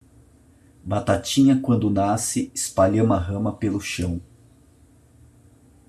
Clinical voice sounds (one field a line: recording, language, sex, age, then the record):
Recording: short text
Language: Brazilian Portuguese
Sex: male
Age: 50 to 59 years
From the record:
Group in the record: control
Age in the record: 50 years